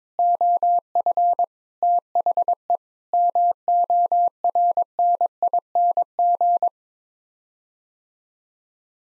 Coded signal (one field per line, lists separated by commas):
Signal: Morse code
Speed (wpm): 22 wpm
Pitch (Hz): 700 Hz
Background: none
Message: OF THE MORNING